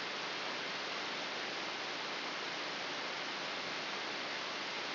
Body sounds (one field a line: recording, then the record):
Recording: brain microelectrode recording played as sound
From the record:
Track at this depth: inside the subthalamic nucleus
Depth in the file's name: 3.898 mm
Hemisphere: left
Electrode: 3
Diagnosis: Parkinson's disease